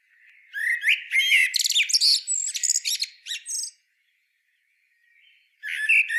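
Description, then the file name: Common blackbird delivering a long chattering, twittering phrase of quick varied notes, then silence, then a fresh phrase beginning near the end. "Turdus merula"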